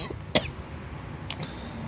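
A man coughs, with a terrible cold.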